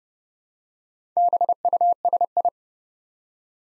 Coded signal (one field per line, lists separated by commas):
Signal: Morse code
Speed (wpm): 30 wpm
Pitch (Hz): 700 Hz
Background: none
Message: BUSI